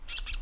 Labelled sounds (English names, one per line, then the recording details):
Brown-throated Parakeet contact call
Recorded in Venezuela
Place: Tumeremo, Edo. Bolivar; Comunidad indigena, escuela de Fe y Alegria
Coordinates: 7.209, -61.364